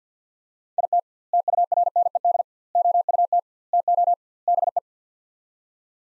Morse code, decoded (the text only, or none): IT TURNED OUT TO BE